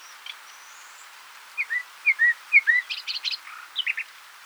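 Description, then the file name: Common nightingale song: paired slurred whistles repeated three times, then short buzzy bursts and chattering notes. "Luscinia megarhynchos"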